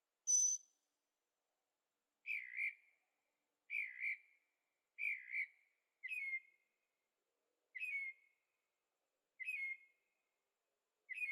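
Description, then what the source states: Bird song: a high thin note followed by a series of slurred, downward-bending whistled notes repeated roughly every one to two seconds, with quiet gaps. Birds singing at night in Carefree, Arizona; recorded in stereo with a Zoom H6.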